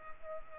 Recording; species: mosquito wingbeat signal from an infrared sensor; Culex pipiens